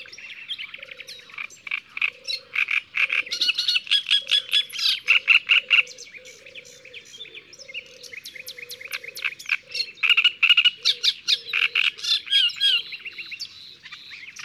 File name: Rousserolle turdoide ABC des chants doiseaux